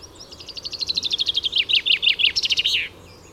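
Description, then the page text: Common chaffinch song: a quick run of bright, sharp notes that slows and drops in pitch, then ends in a short flourish, all in one phrase. Recorded at Les Goureux, Vourey, Isère department, France, on 18 June 2000. "pinson des arbres vourey les goureux. Jacques Prévost de la LPO"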